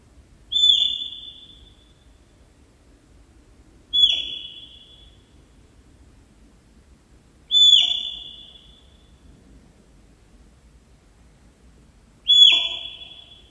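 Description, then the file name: Bird calling, a single sharp, high note that drops quickly in pitch, repeated four times roughly every three to five seconds against near silence. "птица"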